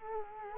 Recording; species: mosquito wingbeat signal from an infrared sensor; Culex quinquefasciatus